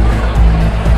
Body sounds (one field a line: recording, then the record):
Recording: background sound without coughing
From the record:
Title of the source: Party Noise 1 Hour Party Ambience